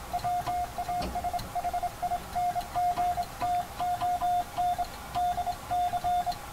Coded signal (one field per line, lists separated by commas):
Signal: Morse code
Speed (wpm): 25 wpm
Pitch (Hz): 710 Hz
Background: radio noise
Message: WASHINGTON DC